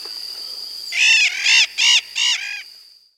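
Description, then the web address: Blue-headed macaw giving four harsh, raspy squawks in quick succession over a steady thin high whine. Recorded in Peru, South America. "Natures Songs S America Blue-headed Macaw"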